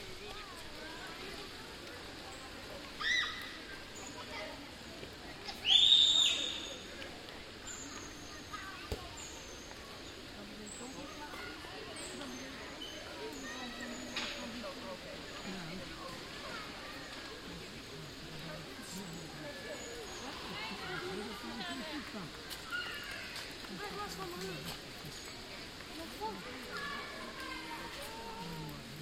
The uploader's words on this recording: Kids playing on the Rabbijn Maarsenplein. A slightly windy recording but I thought it was nice anyway. The background 'white noise' are the leaves of the plane trees standing there.